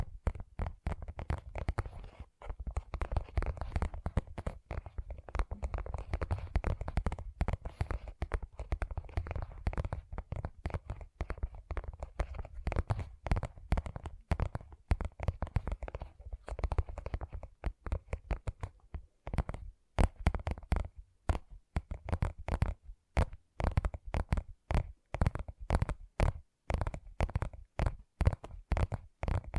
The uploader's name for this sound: ASMR Gentle Tapping